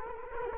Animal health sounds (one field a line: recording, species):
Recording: mosquito wingbeat signal from an infrared sensor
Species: Culex quinquefasciatus